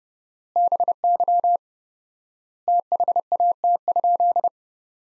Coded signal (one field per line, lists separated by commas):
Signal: Morse code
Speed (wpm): 30 wpm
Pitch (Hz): 700 Hz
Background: none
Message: BY THAT?